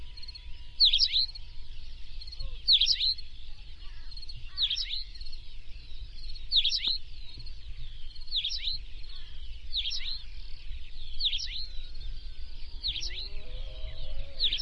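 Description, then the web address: Plain pipit giving brief chirped calls at a steady pace, about one every two seconds, eight times over a continuous hissing background and faint low noise. "plain pipit bird call"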